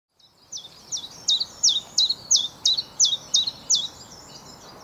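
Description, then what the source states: Chiffchaff singing, a series of about ten high, even notes repeated at a steady, regular pace, with faint background hiss. Male song proclaiming territory and attracting females; one of the first summer migrants back in Britain, breeding there and wintering in the Mediterranean or North Africa.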